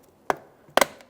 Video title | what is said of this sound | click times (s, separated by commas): How to Replace Mirror Caps 2008-2017 Mitsubishi Lancer | Now, after that audible click, that signals that my locking tabs have dislodged, | 0.3 s, 0.8 s